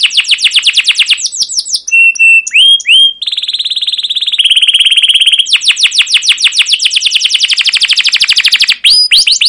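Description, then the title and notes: Canary song: quick descending chirp series, flat whistles and rising sweeps, then fast rolling trills continuing throughout. Long, lively canary song with 'cuit cuit' chirps and rolls ('ngerol'), used as a lure (pancingan) and tutor recording (masteran) for young canaries learning to sing. "CUIT CUIT NGEROL LANGSUNG GACOR PANJANG Kenari Ini AMPUH Utk Pancingan KENAR. PANCINGAN Kenari GACOR PANJANG Cuit CUIT EMOSI ini AMPUH utk MASTERAN Kenari PAUD belajar BUNYI. burung kenari"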